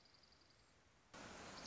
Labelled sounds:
Dark-eyed Junco
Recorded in Sonoma County, California

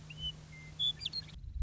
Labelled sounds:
Western Meadowlark
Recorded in Sonoma County, California

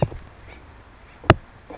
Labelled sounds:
Acorn Woodpecker
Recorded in Sonoma County, California

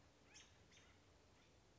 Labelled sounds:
American Robin
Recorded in Sonoma County, California

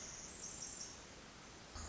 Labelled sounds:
Pacific Wren
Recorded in Sonoma County, California

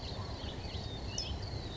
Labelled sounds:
California Towhee
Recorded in Sonoma County, California

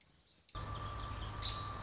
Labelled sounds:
American Robin
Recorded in Sonoma County, California

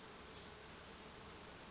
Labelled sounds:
Western Flycatcher
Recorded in Sonoma County, California

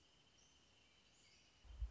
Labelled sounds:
Wrentit
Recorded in Sonoma County, California

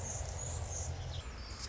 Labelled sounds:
Anna's Hummingbird
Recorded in Sonoma County, California

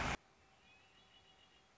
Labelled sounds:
Red-winged Blackbird
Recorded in Sonoma County, California

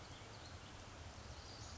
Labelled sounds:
Western Flycatcher
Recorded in Sonoma County, California

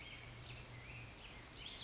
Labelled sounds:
Black-headed Grosbeak
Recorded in Sonoma County, California

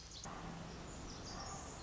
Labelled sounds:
Pacific Wren
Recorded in Sonoma County, California

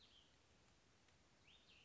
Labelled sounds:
Cassin's Vireo
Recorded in Sonoma County, California

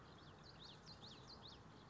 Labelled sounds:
Common Yellowthroat
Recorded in Sonoma County, California

